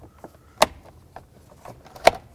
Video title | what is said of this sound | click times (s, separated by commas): How to Replace Clock Spring 2005-2009 Chevy Equinox | make sure it snaps into place | 0.6 s, 2.1 s